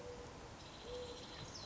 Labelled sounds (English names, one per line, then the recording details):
Mourning Dove
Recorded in Sonoma County, California